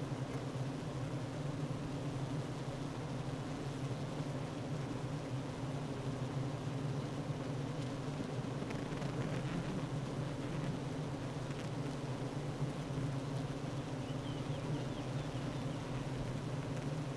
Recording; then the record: honeybee colony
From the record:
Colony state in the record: active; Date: 12 June 2018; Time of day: 9:31